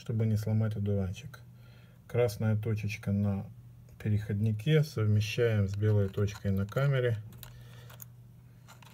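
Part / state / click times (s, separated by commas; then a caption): lens mount adapter into camera bayonet mount / not seated / none. Someone talks while lining up the red dot on an M42-to-Nikon lens adapter with the white dot on the camera body's bayonet mount, handling it gently because the adapter has no locking screw and must not be over-turned. A few faint handling ticks follow near the end, but the adapter has not yet seated or clicked into the mount.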